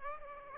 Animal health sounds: mosquito wingbeat signal from an infrared sensor; Aedes aegypti

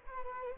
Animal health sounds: mosquito wingbeat signal from an infrared sensor; Culex quinquefasciatus

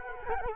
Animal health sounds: mosquito wingbeat signal from an infrared sensor; Culex quinquefasciatus

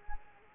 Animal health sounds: mosquito wingbeat signal from an infrared sensor; Culex quinquefasciatus

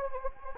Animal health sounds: mosquito wingbeat signal from an infrared sensor; Anopheles gambiae

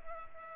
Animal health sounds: mosquito wingbeat signal from an infrared sensor; Culex pipiens

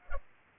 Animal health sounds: mosquito wingbeat signal from an infrared sensor; Culex pipiens

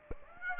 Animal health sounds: mosquito wingbeat signal from an infrared sensor; Aedes aegypti

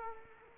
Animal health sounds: mosquito wingbeat signal from an infrared sensor; Culex quinquefasciatus

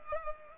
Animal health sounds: mosquito wingbeat signal from an infrared sensor; Culex pipiens

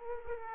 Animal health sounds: mosquito wingbeat signal from an infrared sensor; Aedes aegypti

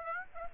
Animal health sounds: mosquito wingbeat signal from an infrared sensor; Aedes aegypti

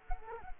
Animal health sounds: mosquito wingbeat signal from an infrared sensor; Culex quinquefasciatus

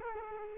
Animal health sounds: mosquito wingbeat signal from an infrared sensor; Culex quinquefasciatus

